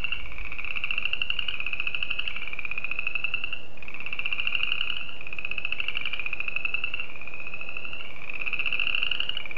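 Spring peeper gives a high continuous pulsing call in repeated segments of slightly varying pitch, steady throughout.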